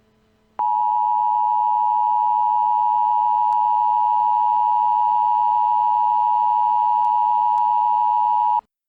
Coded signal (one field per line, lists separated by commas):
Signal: Emergency Alert System (SAME) tones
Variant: 853 and 960 Hz attention tone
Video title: EAS scenario: Casino Crisis